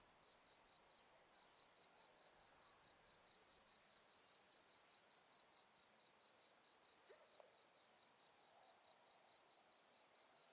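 Insect chirping in quick, regular high-pitched pulses, with a short break after the first second and then a steady, unbroken series.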